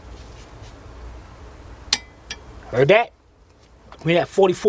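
A torque wrench with a 15 mm deep impact socket tightens a cylinder head bolt into the engine block of a 2004 Chevy Monte Carlo 3.4 during intake manifold and head gasket work. A sharp metallic click from the wrench reaching its setting comes at 1.9 s, followed by a fainter clink. Someone talks.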